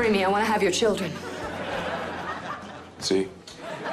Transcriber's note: soundbite of laughter